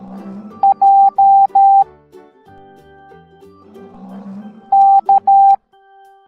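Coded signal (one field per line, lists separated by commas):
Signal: Morse code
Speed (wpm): 13 wpm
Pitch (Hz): 790 Hz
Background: music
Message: J K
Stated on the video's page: Morse alphabet lesson for kids, in an animated pig parade.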